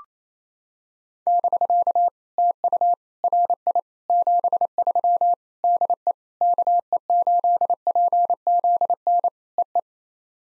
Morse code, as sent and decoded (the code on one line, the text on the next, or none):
-...-.- / - ..- / .-. .. / --... ...-- / -.. . / -.- . ---.. .--. --.. -. / . .
<BK> TU RI 73 DE KE8PZN EE